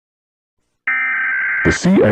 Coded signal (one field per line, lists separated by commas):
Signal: Emergency Alert System (SAME) tones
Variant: header bursts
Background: speech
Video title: EAS Scenario: National Lockdown